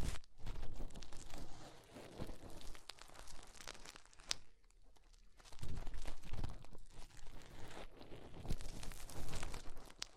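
Fingers rub and scrape in the ear canal, a dense, crackling rustle with crunchy, crinkling textures and occasional sharp clicks. The scratching comes in bursts, thinning to a quiet lull around four to six seconds before building back up to steady, busy rubbing.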